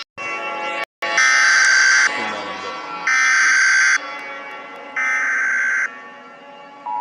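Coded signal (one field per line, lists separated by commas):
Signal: Emergency Alert System (SAME) tones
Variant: header bursts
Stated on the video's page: Fictional EAS mini scenario.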